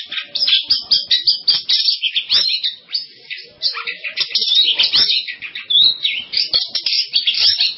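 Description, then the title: Long-tailed shrike song, a dense, fast jumble of squeaky chirps, warbled notes and scratchy trills running continuously with only brief dips in volume. "Kicau Burung Pentet"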